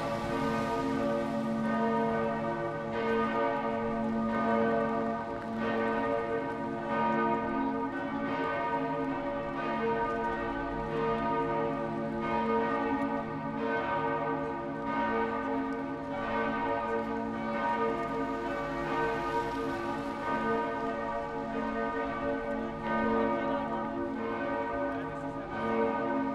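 Church bells of San Pedro in Hamburg ring without pause, a dense, overlapping peal of many strikes arriving at a steady, quick pace. Deep hum and bright ringing tones blend into a continuous wash that stays at an even loudness throughout.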